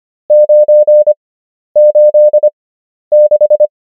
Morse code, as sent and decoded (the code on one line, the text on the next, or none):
----. ---.. -....
986